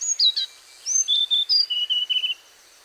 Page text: Antero Lindholm - Хайнаньская голубая мухоловка-циорнис (Cyornis hainanus)